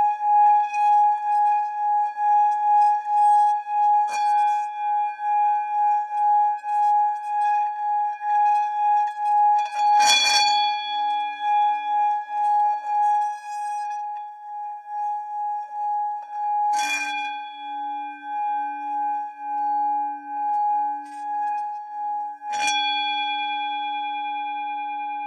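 Crystal singing bowls ring with a steady, pure sustained tone layered with higher overtones, pulsing gently in a slow regular wobble. Fresh strikes land around 4, 10, 17 and 23 seconds, each adding a brief bright attack and a new tone, including a low hum after the later strikes.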